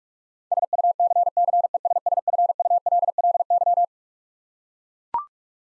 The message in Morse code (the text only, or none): SUCCESSFULLY